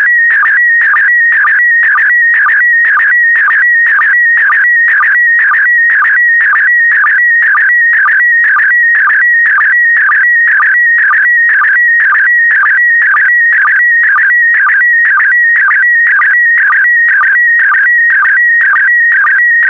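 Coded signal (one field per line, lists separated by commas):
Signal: SSTV (slow-scan television)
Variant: PD120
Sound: warbling, buzzing tone with a steady rhythmic chirp about twice each second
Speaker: the next image transmission will start in 10 seconds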